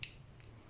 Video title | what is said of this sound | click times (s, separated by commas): Easy Wire Tuck DIY - D-Series Vtec Turbo Build - Part 2 | just put it back in again and you'll hear a click and then | 0.0 s